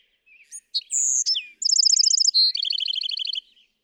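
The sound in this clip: Bewick's wren song: a few soft notes, a high whistle, then two fast trilled runs at different pitches, delivered as one complex phrase.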